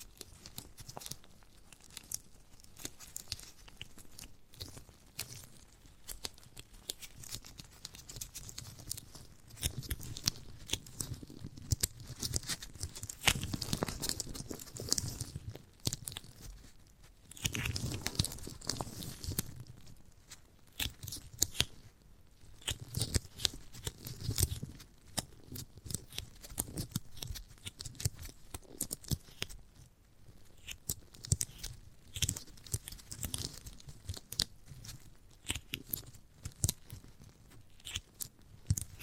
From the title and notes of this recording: ASMR of a Giant Gummy Bear (No Talking).